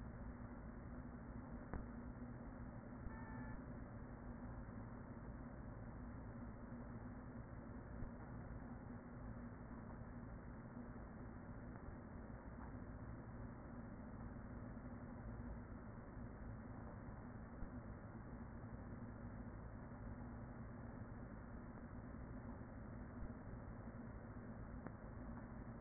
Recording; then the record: honeybee colony, microphone inside the hive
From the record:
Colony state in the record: queen present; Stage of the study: after two queens were removed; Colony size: about 40,000 bees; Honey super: no